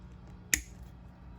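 A plastic ball link on the servo arm of a GOOSKY RS4 RC helicopter is pressed onto its metal ball with ball link pliers. It snaps on with a single sharp pop at 0.5 s over a low background hum. The link is seated.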